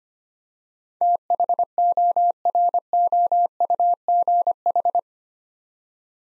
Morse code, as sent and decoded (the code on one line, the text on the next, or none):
- .... --- .-. --- ..- --. ....
THOROUGH